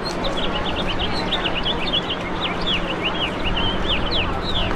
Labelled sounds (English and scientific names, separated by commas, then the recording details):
House Finch (Haemorhous mexicanus) song
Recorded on Long Island, New York, on 21 March 2012
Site FL
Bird C